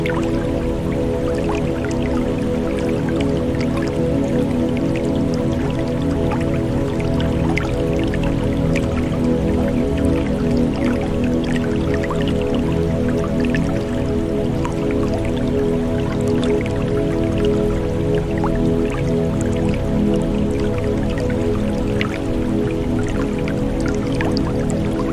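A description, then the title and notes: Water flows and drips in quick, dense, uneven patters over a steady, sustained musical drone that holds at an even loudness throughout. Water Flows and Music.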